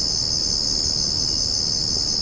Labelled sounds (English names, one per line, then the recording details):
none
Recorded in secondary vegetation near Puerto Asís, Putumayo, Colombia, on 9 March 2025 at 04:30
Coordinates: 0.481, -76.318
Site G097